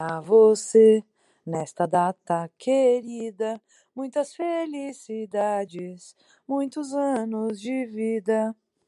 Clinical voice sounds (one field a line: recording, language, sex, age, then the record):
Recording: short text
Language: Brazilian Portuguese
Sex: female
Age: 30 to 39 years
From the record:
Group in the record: control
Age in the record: 36 years